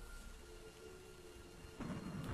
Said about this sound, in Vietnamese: hòa cùng với tiếng đất đá vẫn ào ào đổ xuống, quyện với tiếng mưa rừng sấm núi,